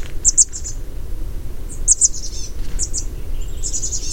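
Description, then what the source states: Chestnut-backed chickadee calls: very high, thin chips in quick doubled pairs, repeated a few times over steady low background noise. Recorded in 2012 in a wilderness area on the Northern California coast.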